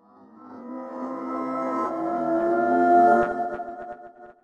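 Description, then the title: Crickets slowed into a deep, humming drone of stacked tones that swells gradually, peaks and then fades. Crickets in Altadena, slowed way down, with a little delay added. "Altadena Crickets Trippin"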